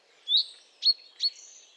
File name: Fringilla coelebs